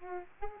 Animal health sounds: mosquito wingbeat signal from an infrared sensor; Aedes albopictus

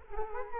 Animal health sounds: mosquito wingbeat signal from an infrared sensor; Culex quinquefasciatus

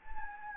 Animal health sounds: mosquito wingbeat signal from an infrared sensor; Anopheles gambiae

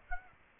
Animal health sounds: mosquito wingbeat signal from an infrared sensor; Aedes aegypti

